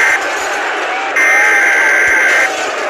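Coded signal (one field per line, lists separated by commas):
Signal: Emergency Alert System (SAME) tones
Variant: header bursts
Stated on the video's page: Fictional EAS scenario with tones made with EAS Simulator Pro.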